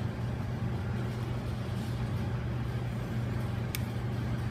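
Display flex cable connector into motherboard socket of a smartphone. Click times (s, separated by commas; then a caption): 3.8 s. During reassembly of an iPhone 6 screen replacement, the display flex cable connector is pressed onto its socket on the phone's motherboard, over a steady low rumbling background. A single short, sharp click at 3.8 s marks the connector seating in its spot.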